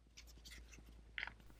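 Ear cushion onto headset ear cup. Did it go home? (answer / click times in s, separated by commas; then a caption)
yes / 1.2 s. An ear cushion ring of plastic and foam is pressed back onto the ear cup of an MSA Sordin Supreme Pro X electronic hearing-protection headset after the blue foam insert has been replaced. Soft rustling and handling noises lead up to a sharp snap at 1.2 s, and the cushion seats back into place.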